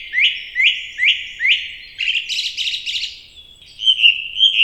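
Bird song: four bright upward-swept notes in quick succession, then a burst of buzzy trilled phrases and a few high whistled notes.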